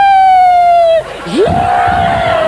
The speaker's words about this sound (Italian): Il vento che fischia. C'è anche il vento. Fischia.